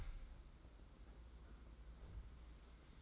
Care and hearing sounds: daily activity, microphone in the room; close fridge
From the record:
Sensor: 3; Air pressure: 991.9 hPa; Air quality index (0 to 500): 216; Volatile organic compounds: 1000 ppm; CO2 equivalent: 7397 ppm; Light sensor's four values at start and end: 34/99/40/34 and 34/99/40/34

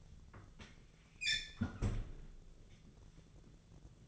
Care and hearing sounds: daily activity, microphone in the room; close fridge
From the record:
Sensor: 4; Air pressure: 1000.9 hPa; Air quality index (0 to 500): 132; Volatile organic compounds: 2 ppm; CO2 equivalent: 984 ppm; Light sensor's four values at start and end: 27/65/27/30 and 32/77/32/35

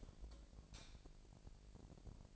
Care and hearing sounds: daily activity, microphone in the room; light off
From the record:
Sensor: 5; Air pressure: 1012.1 hPa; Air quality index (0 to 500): 248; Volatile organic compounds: 4 ppm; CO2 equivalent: 1656 ppm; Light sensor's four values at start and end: 40/94/39/41 and 39/91/38/40

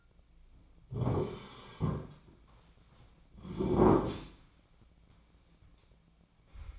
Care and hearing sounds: daily activity, microphone in the room; sit down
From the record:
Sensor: 1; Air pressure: 1009.3 hPa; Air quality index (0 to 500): 176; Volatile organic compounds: 3 ppm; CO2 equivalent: 1490 ppm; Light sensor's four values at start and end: 42/110/46/54 and 45/119/49/59

